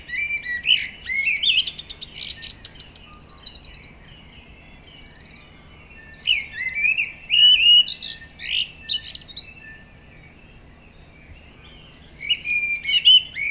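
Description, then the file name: Common blackbird singing three separate phrases of fluted warbling with high thin twitters, separated by quiet gaps of a few seconds. "Turdus merula"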